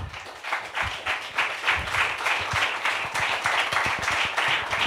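A comedy night audience applauds with dense, steady clapping that fills the whole stretch, many hands striking at once in a bright, sustained wash with scattered sharper claps standing out.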